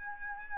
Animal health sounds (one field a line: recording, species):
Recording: mosquito wingbeat signal from an infrared sensor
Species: Aedes albopictus